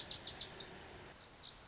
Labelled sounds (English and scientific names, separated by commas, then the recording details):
Lazuli Bunting (Passerina amoena)
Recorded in Sonoma County, California